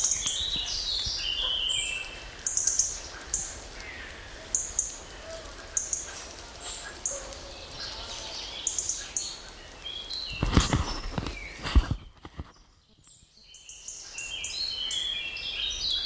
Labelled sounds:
Common Blackbird (Turdus merula) call

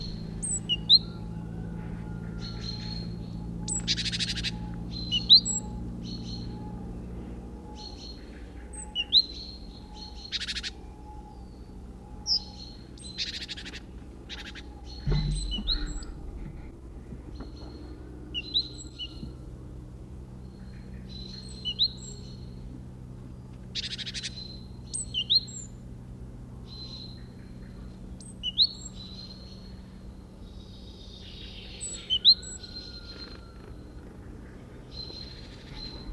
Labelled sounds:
Great Tit (Parus major) call

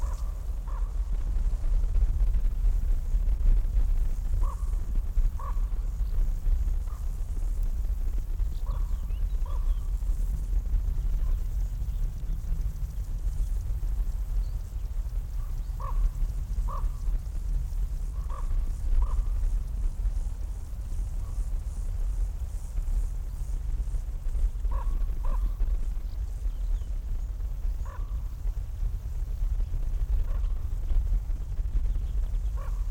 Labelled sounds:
Upland Field Grasshopper (Chorthippus apricarius) stridulation

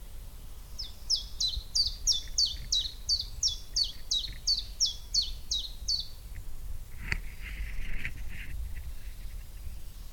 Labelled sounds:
Common Chiffchaff (Phylloscopus collybita)

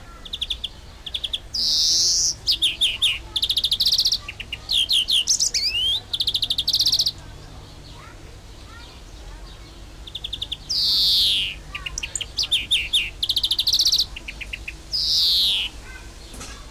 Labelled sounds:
European Greenfinch (Chloris chloris)

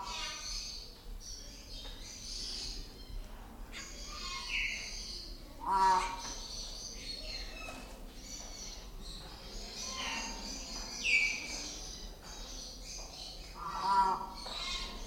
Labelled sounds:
Yellow-faced Myna (Mino dumontii) call

